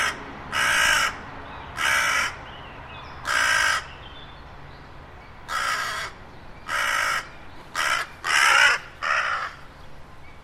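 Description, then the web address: Bird giving harsh, raspy caws, several loud calls spaced irregularly. "cianscape. Deverinetal. Bird Only"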